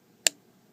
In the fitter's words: hear that click right there